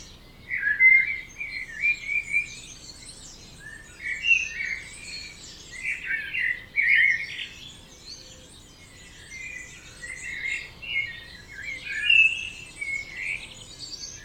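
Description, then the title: Birds singing at dawn, varied high whistles and chirped phrases from several birds, coming in bursts. Dawn chorus recorded at 4am in Oberhofen, Inntal, Austria; binaural recording, best heard with headphones. "Birds Oberhofen Inntal Austria - 4am - binaural version"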